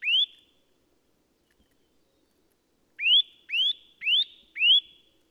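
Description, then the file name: Eurasian nuthatch calling: one upswept whistled note, a pause of nearly three seconds, then four quick rising whistles in a steady series. "Sitta europaea"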